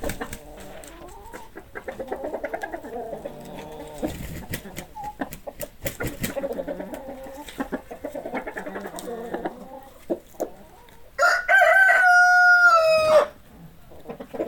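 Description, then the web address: Chicken sounds: over ten seconds of busy, overlapping clucking, then a loud rooster crow near the end. "sounds animals chickens"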